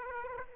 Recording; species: mosquito wingbeat signal from an infrared sensor; Aedes aegypti